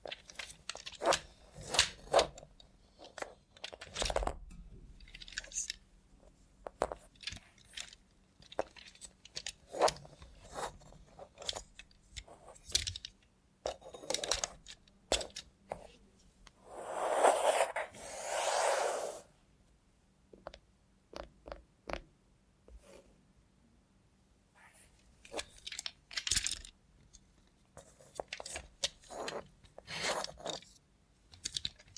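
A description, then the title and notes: A robot hand makes crisp clicks, taps and metallic jingles, with irregular bursts and short pauses between them. Around seventeen seconds a louder rustling rattle lasts about two seconds. A faint low hum runs underneath throughout. Try ASMR with a Robot Hand (No Talking).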